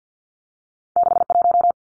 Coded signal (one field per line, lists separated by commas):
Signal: Morse code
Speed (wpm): 50 wpm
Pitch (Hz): 700 Hz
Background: none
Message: 61